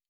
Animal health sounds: hydrophone in a shrimp aquaculture tank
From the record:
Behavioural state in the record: normal

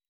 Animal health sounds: hydrophone in a shrimp aquaculture tank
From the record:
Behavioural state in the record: weakened

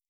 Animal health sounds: hydrophone in a shrimp aquaculture tank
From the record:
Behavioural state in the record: stressed

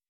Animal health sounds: hydrophone in a shrimp aquaculture tank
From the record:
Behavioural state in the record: weakened

